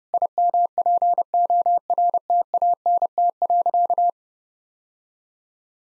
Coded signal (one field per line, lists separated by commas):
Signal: Morse code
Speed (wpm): 30 wpm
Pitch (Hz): 700 Hz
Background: none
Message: IMPORTANT.